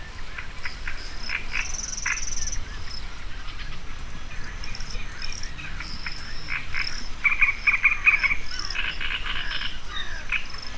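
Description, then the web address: Edible frog croaking, a run of rattling pulses over dense background noise. Recorded in Hortobágy National Park, Hungary, on 1 May 2013. "hortobagyinemzetipark 2013 kecskebeka kakukk nadirigo bolombika kecskebeka 2013 majus 01"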